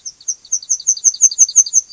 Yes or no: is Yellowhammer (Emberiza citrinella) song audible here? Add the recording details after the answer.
yes. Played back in grassland. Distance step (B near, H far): B. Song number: 002